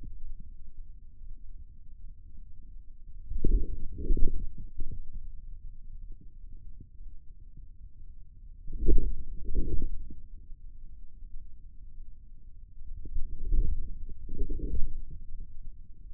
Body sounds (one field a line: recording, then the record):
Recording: forearm muscle sounds (acoustic myography)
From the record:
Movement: inward rotation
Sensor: system 2, bracelet of six BSWA MPA416 microphones around the upper forearm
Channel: 3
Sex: male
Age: 22 years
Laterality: right